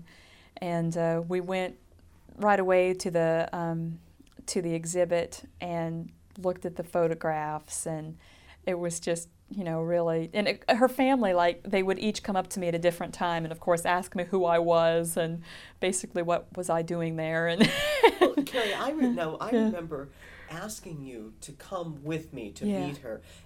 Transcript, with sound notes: And, and we went right away to the, to the exhibit and looked at the photographs and it was just, you know, really, and her family, like, they would each come up to me at a different time and, of course, ask me who I was and basically what was I doing there. And... (she laughs)
Carrie, I remember, now I remember asking you to come with me to meet her...